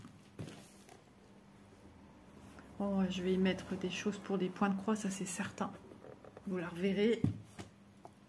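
A decorated gift box with a rose glued on it is handled, its lid not yet closed onto the magnetic box body. Someone talks over faint handling noises and a few soft taps. Nothing has seated or clicked yet.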